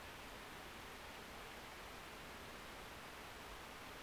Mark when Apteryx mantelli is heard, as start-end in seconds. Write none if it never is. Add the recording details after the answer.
none. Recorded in New Zealand on 14 February 2013. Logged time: 02:13. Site DH65